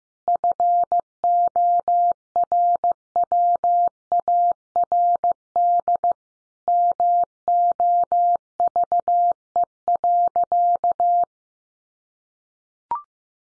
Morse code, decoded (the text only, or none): FORWARD MOVE.